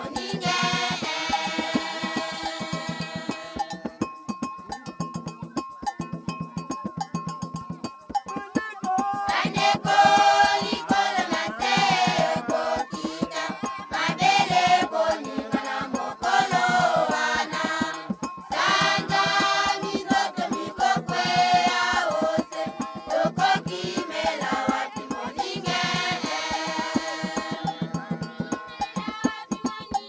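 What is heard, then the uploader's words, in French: A village choir in Congo sings in thick, layered voices, with long held notes. Sharp, regular beats run through the whole piece, and the singing grows fuller and brighter from about nine seconds on after a thinner passage early on. Une chorale de village au Congo. Le soir tombait. Fantôme jouait du 'ngonge', de la double-cloche.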